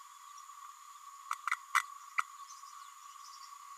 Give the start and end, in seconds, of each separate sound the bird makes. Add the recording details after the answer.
1.75-1.82. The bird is a male. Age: 31 days. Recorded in a nest box in Venezuela. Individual 17B102A4